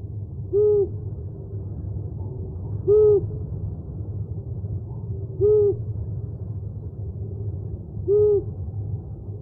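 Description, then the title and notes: An owl repeats a short, low hoot roughly every two and a half seconds, four hoots in all, with a faint background rumble. Part of a compilation of 69 call variants from 11 owl species. "Sovy - Eulen - Owls. 69 variant hlasů - 11 druhů sov"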